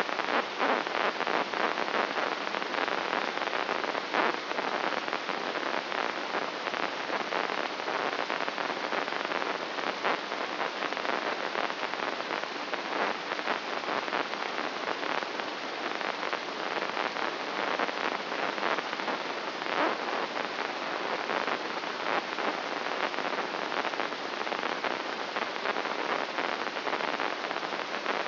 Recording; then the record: brain microelectrode recording played as sound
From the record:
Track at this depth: outside the subthalamic nucleus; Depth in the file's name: 8.428 mm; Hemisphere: left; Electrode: 3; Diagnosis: Parkinson's disease